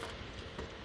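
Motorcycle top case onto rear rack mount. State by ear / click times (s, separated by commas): not seated / none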